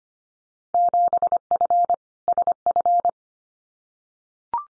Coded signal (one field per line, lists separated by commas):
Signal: Morse code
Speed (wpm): 25 wpm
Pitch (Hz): 700 Hz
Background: none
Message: 7F SF